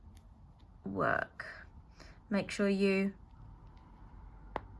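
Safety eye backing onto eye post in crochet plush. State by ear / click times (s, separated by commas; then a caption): seated / 4.6 s. A plastic washer backing is pushed onto the shank of a plastic safety eye through the crocheted fabric of an axolotl plush. Someone talks, and then at 4.6 s a short, sharp pop is heard as the backing seats onto the post. The pop confirms the backing is on.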